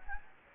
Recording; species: mosquito wingbeat signal from an infrared sensor; Anopheles gambiae